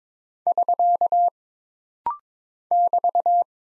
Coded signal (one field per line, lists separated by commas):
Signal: Morse code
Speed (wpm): 22 wpm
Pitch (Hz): 700 Hz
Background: none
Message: <SK> <BT>